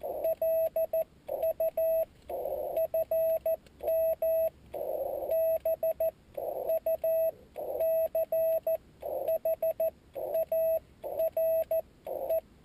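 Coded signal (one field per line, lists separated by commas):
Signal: Morse code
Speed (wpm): 14 wpm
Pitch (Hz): 650 Hz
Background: none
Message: LU FM BUCHARE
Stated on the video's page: Mobile QRP CW contact sent slowly (QRS) by a new operator on a mini palm paddle, Yaesu 817D with YF-122C filter and MFJ1610T antenna.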